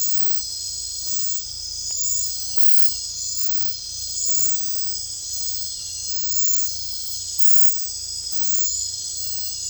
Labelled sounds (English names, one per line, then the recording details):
none
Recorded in secondary vegetation near Puerto Asís, Putumayo, Colombia, on 16 December 2024 at 21:30
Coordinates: 0.499, -76.323
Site G010